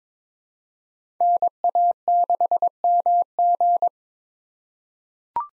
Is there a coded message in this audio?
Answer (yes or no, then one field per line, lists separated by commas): yes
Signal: Morse code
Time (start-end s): 1.2-3.9 s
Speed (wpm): 22 wpm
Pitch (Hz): 700 Hz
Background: none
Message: NA6MG